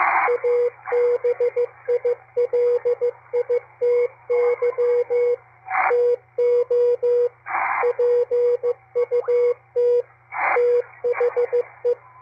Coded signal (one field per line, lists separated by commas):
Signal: Morse code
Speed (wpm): 15 wpm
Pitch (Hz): 480 Hz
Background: radio noise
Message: ABILITY TO PUT THE